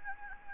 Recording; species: mosquito wingbeat signal from an infrared sensor; Anopheles gambiae